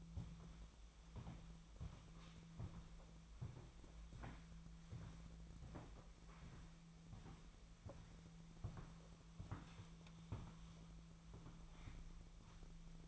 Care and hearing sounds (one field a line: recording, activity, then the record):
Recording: daily activity, microphone in the room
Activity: walk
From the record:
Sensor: 1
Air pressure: 1008.4 hPa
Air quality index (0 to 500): 190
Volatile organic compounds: 17 ppm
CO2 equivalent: 2568 ppm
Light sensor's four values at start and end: 19/48/19/22 and 17/46/18/21